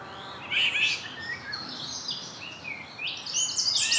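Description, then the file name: Eurasian wren song fragments, high rattling trills and sharp notes, over a steady background hiss. "Troglodytes troglodytes"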